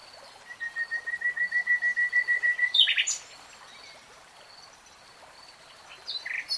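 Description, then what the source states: Nightingale song: a long steady series of evenly spaced pulsed whistles, ending in a harsh buzzy flourish; faint whistles later. Singing in real time.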